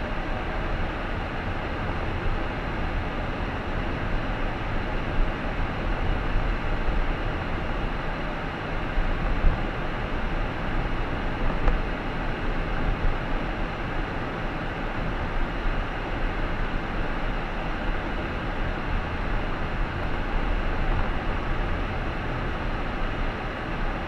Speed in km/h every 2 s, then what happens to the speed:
35, 40, 45, 47, 47, 48, 49, 49, 47, 40, 30, 27.
0-4 speeds up to 45. 4-14 steady at about 47. 14-21 slows to 27.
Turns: none.